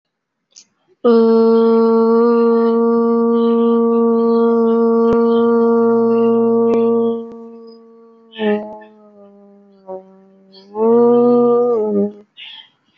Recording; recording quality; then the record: sustained vowel as in boot; excellent, no background noise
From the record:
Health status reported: exposed to COVID-19, no respiratory illness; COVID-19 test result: negative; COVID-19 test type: RT-PCR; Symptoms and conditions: cold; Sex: female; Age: 27 years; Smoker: no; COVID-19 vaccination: both doses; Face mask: worn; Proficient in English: yes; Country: India